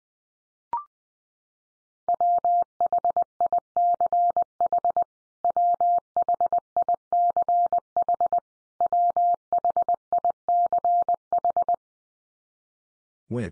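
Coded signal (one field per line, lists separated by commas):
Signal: Morse code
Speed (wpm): 20 wpm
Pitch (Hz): 700 Hz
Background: none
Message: WHICH WHICH WHICH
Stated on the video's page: Computer-generated Morse head-copy drill of the 500 most common English words at 20 wpm, each word sent three times, then spoken, then sent again.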